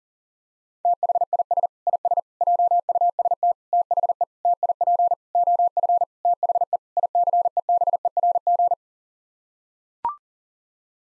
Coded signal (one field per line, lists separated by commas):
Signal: Morse code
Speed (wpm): 40 wpm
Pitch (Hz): 700 Hz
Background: none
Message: THIS IS JUST THE TIP OF THE ICEBERG